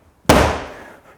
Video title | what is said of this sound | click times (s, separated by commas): BMW Speaker Upgrade/Installation - 7 Series G11/G12 - BAVSOUND Stage One | get that nice satisfying click as they go into place it's | 0.3 s